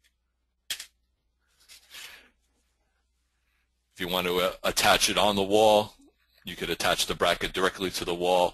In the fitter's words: and hook and snap into place.